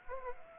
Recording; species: mosquito wingbeat signal from an infrared sensor; Anopheles arabiensis